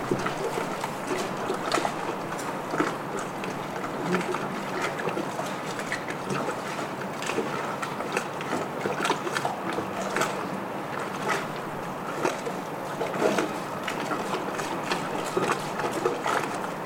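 Stormy harbour ambience in Bristol: a dense, steady wash of wind and water fills the whole clip. Frequent sharp knocks and clatters, like boat fittings banging, break through every second or so, with faint voices murmuring underneath.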